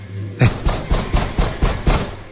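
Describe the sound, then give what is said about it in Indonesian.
Seven rapid, evenly spaced knocks bang on a metal rolling door of a warehouse, each hit loud with a rattling, resonant clang that makes the door shake. A low hum sits underneath, and nobody speaks. “ketukan itu jelas terdengar. Bahkan pintu rolling door ini pun bergetar.”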